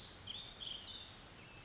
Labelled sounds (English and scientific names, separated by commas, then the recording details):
Warbling Vireo (Vireo gilvus)
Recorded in Sonoma County, California